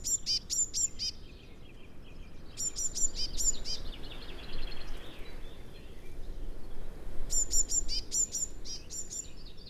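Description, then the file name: Eurasian blue tit calling in three bursts of rapid, high, ticking chirps separated by pauses, over a steady low rumble of background noise. "Cyanistes caeruleus"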